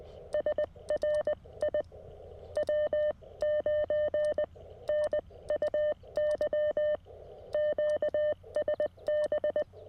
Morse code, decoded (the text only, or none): SRI W9NUY QSB